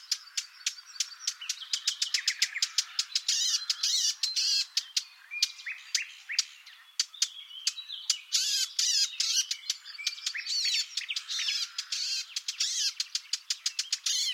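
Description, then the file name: Eurasian blackcap giving rapid hard tack notes mixed with scratchy, twittering warbled phrases, continuing densely throughout. "Sylvia atricapilla"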